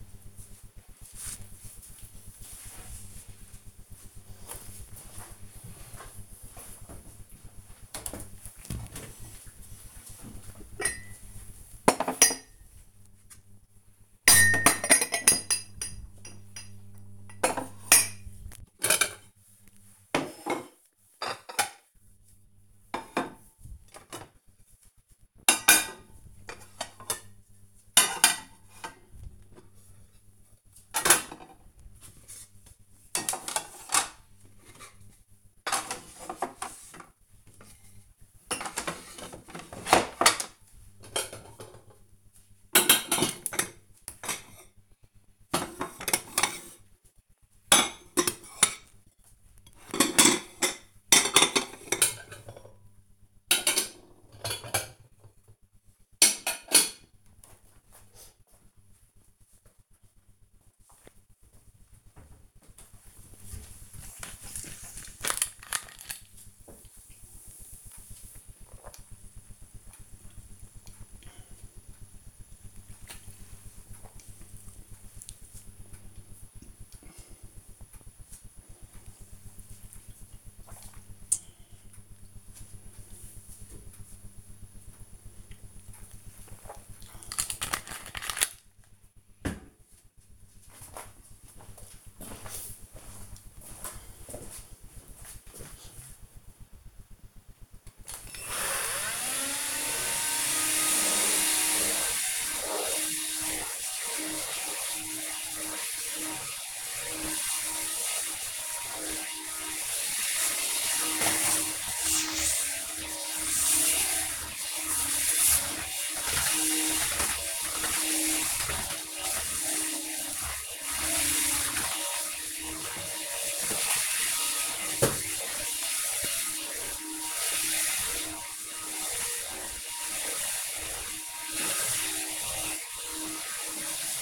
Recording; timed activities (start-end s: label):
household activities, microphone on the right wrist
7.92-57.20 s: putting away the dishes
62.24-87.41 s: drinking
97.49-134.22 s: vacuum cleaning